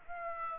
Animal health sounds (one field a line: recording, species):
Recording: mosquito wingbeat signal from an infrared sensor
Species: Aedes aegypti